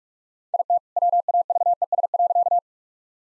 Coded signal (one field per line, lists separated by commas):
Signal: Morse code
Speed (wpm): 41 wpm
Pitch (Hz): 700 Hz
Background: none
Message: IT WAVES.